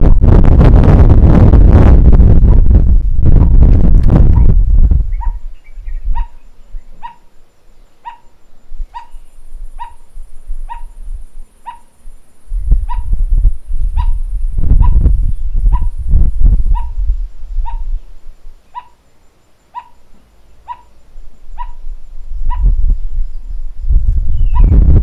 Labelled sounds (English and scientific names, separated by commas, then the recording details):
Spot-flanked Barbet (Tricholaema lacrymosa)
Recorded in northern Uganda